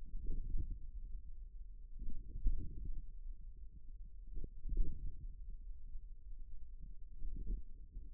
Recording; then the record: forearm muscle sounds (acoustic myography)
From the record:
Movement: radial deviation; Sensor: system 1, eight BSWA MPA416 microphones around the upper forearm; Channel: 8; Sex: male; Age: 41 years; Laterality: right